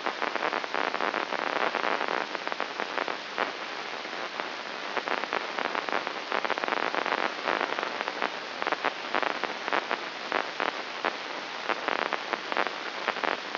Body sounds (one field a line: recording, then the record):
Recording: brain microelectrode recording played as sound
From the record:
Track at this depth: inside the subthalamic nucleus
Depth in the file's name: 4.602 mm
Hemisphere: right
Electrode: 2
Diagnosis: Parkinson's disease